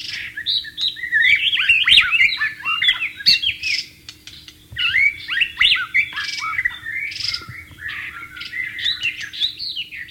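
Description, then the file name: White-rumped shama song, a dense continuous stream of varied chirps, trills and whistles without real breaks. Wild bird, in the wild. "suara burung murai batu di alam liar"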